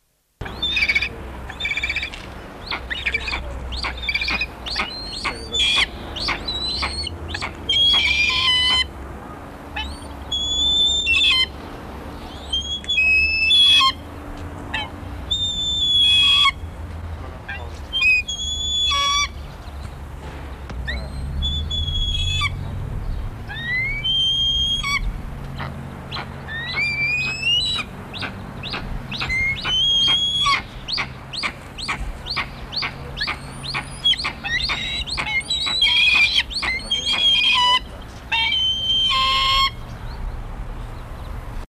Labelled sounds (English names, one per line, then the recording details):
Lanner Falcon call
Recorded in captivity
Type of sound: call
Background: Aquila heliaca
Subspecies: feldegii
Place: Adlerwarte Berlebeck Detmold, Nordrhein-Westfalen, DE
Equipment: Halbspur, 9,5 cm/s
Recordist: Lütgens, Hans
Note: Rufe